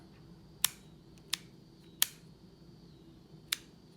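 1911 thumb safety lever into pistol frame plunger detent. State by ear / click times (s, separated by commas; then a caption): seated / 0.6 s, 2.0 s. The left-side thumb safety on a Western Arms WA 1911 airsoft pistol frame, just installed by depressing the spring plunger and pushing the safety down, is flipped on and off to check its function. The plunger snaps crisply into its detents at 0.6 s and 2.0 s, with similar sharp clicks near 1.3 s and 3.5 s over a quiet hum. The safety is seated and clicking into position properly.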